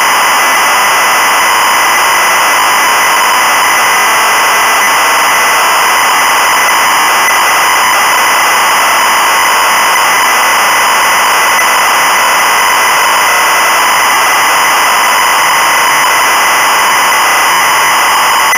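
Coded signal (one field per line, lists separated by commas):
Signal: ZX Spectrum tape loading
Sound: continuous loud harsh buzzing screech of cassette data, no lead tone heard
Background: tape hiss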